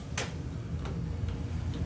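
A plastic seat side trim panel on a 2011-2016 Ford F250/F350 Super Duty Lariat/XL seat is pressed onto the seat frame after its front hook is engaged. A sharp tick-like snap at 0.2 s marks the clip seating, followed by a fainter tick near 0.9 s and light ticks over a low background hum. The clip snaps in and the panel is seated.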